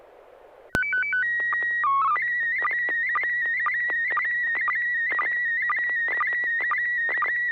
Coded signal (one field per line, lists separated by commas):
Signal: SSTV (slow-scan television)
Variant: PD 120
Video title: N6NA SSTV Net - 04/19/2023